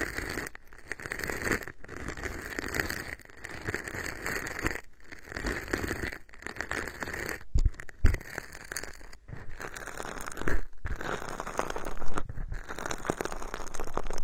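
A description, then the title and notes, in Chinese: Popping candy fizzes and crackles as if right inside the ear, a dense, close hiss of tiny snaps running continuously. Brief silent gaps break it every second or two, and a few louder pops stand out near 8 and 11 seconds. 有没有一种跳跳糖在耳朵里爆炸的感觉？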